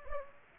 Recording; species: mosquito wingbeat signal from an infrared sensor; Aedes aegypti